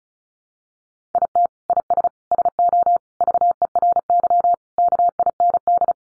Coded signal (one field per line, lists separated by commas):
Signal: Morse code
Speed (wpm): 34 wpm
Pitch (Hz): 700 Hz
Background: none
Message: IT IS SO VERY KIND